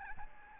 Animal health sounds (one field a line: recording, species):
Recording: mosquito wingbeat signal from an infrared sensor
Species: Aedes albopictus